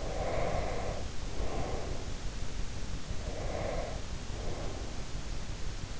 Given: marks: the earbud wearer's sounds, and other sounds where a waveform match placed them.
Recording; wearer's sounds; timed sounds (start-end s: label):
sounds in sleep by an in-ear microphone; breath
0.00-2.30 s: breath
3.24-5.19 s: breath